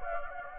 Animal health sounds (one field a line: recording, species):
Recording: mosquito wingbeat signal from an infrared sensor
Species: Anopheles gambiae